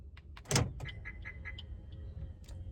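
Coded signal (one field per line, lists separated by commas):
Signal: alarm pattern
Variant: Maruti Suzuki car alarm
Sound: a lock clunk, then four quick electronic ticks around 2 kHz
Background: car door mechanism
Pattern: 4 short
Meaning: Four ticks on unlock mean the car was tampered with while locked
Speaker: टिक टिक टिक टिक चार बारी टिक टिक की आवाज करी इसका मतलब यह है कि इस गाड़ी को किसी ने छेड़ा है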